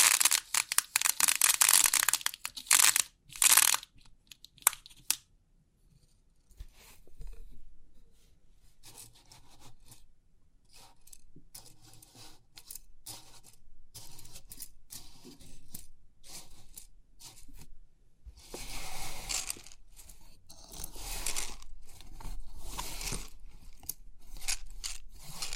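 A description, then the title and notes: Crisp pin art sounds: the first five seconds bring loud, bright bursts of rattling pins, then a near-silent gap. After that come quieter scattered clicks and soft scraping, swelling into a denser, brighter run of pin rattles from about 18 to 24 seconds. Crisp 3D Pin Art Tingles(No Talking).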